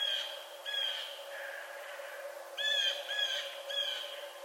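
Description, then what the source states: Red fox barking in clusters, short harmonic yelps coming in quick groups of two and three, with a continuous low hum. Recorded 11 November 2011.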